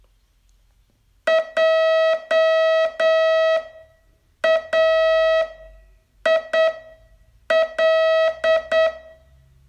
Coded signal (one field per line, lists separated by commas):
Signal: Morse code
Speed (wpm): 8 wpm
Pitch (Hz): 650 Hz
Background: none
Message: JAIL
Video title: Learn Morse in 42 Days from VU2LAU - day 25 test